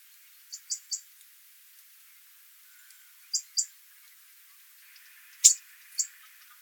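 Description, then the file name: Bird calls: short groups of two or three high, sharp chip notes spaced several seconds apart, with one louder, harsher note near the end. "XC call"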